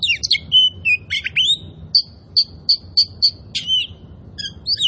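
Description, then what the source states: Oriental magpie-robin song: a tumbling mix of whistles and chirps, then a run of evenly spaced bright piping notes, then more varied phrases. Kacer poci type; gacor, meaning singing vigorously and constantly.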